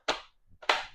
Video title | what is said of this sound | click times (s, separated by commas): Compact Air Purifier Review – Quiet, Sleek, and Efficient Design | put the bottom on it locks in place | 0.6 s, 0.7 s